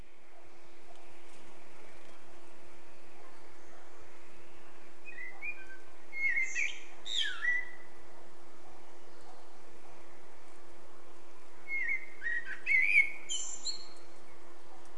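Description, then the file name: Eurasian blackbird giving two separate warbled phrases about six seconds apart, each fluty notes ending in a high scratchy twitter, over a constant low hum. "Turdus merula"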